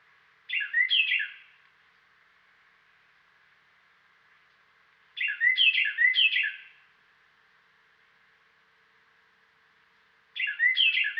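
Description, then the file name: Carolina wren singing three bouts of ringing, rapidly repeated rolling phrases separated by pauses of several seconds, the last bout cut off. "dan gibsons solitudes carolina wren"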